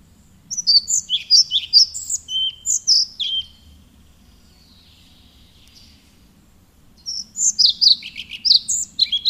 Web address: agykontroll Madardalok Cd 1. Kormos légykapó